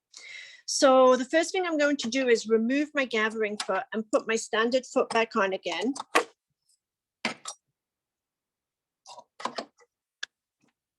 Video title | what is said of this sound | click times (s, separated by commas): Babylock Serger Basics | and that time it didn't lock in place so you probably saw me just push on the little button at the back | none